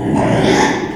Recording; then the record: squeal of a Yucatan mini pig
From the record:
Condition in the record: after surgery on the right vocal fold (resection and tissue-engineered implant); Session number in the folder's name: 3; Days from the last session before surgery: 33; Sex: male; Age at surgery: 12 weeks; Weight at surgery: 13 kg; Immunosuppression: cyclosporine, prednisolone